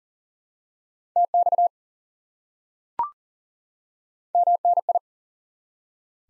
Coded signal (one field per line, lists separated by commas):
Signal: Morse code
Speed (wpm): 40 wpm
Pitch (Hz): 700 Hz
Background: none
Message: TX MNI